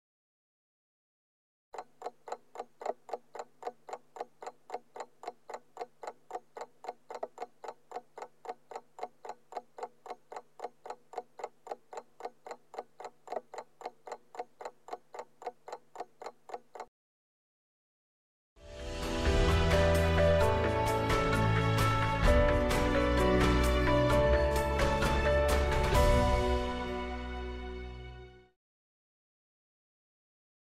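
An alarm clock ticks steadily and quickly, about four even clicks a second, from roughly 2 to 17 seconds. After a short pause, the alarm bursts into a loud, dense metallic ringing that fills the sound from low to bright for about ten seconds, then stops.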